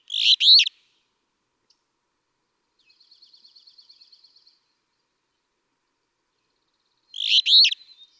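Alder Flycatcher song: a burry, buzzy two-part phrase at the start and again near the end, with a faint rapid trill of soft notes between them.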